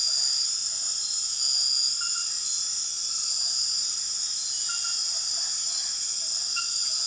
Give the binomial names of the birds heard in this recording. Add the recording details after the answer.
none. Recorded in dense forest near Puerto Asís, Putumayo, Colombia, on 18 February 2024 at 21:30. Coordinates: 0.502, -76.326. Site G6460